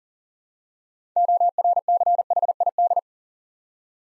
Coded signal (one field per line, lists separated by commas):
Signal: Morse code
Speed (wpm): 40 wpm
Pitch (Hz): 700 Hz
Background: none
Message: ORCHID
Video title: Easy Words with Hints - 40wpm